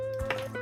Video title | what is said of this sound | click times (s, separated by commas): Changer un Cathéter AutoSoft 90 – Tutoriel pour la pompe Tandem | vous dès que vous avez entendu un clic, vous l'enlevez. | 0.3 s